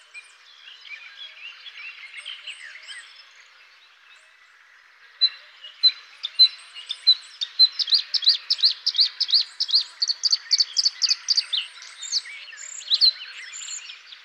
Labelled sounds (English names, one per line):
Bluethroat song